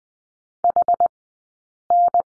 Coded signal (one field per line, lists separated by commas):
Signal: Morse code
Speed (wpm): 20 wpm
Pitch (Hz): 700 Hz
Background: none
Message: HN